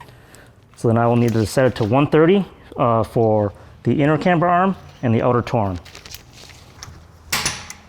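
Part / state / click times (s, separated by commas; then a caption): click-type torque wrench on camber arm nut / torque reached / 7.3 s. A click-type torque wrench set to 130 is used to tighten a suspension camber arm nut while someone talks. After the talking stops, the wrench clicks over sharply at 7.3 s, showing the nut has reached the setting and is good.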